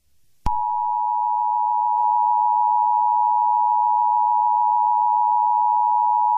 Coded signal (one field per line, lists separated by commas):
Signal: Emergency Alert System (SAME) tones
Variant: 853 and 960 Hz attention tone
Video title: Furries - A EAS scenario